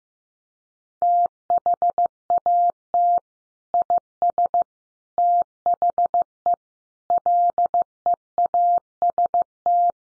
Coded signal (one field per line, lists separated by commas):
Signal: Morse code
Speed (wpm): 15 wpm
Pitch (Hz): 700 Hz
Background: none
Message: THAT IS THE LEAST